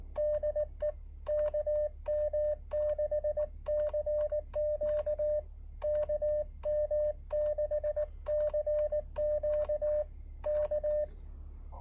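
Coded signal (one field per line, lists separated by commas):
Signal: Morse code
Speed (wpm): 19 wpm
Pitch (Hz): 600 Hz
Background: radio noise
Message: DE KM6CQ KM6CQ K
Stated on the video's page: Elecraft AX1 portable QRP antenna.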